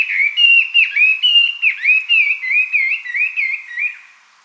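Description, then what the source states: Chinese hwamei song with loud, pure whistled notes, each bending down then up, repeated rapidly in a varied musical string that fades at the end. Recorded 2007-05-24.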